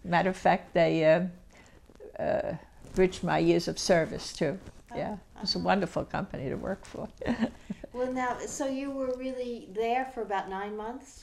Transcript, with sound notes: Matter of fact, they bridged my years of service too, yeah. It's a wonderful company to work for (she laughs)
So you were really there for about nine months?